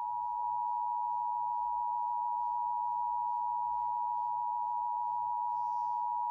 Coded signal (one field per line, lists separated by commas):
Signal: Emergency Alert System (SAME) tones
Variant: 853 and 960 Hz attention tone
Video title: EAS TEST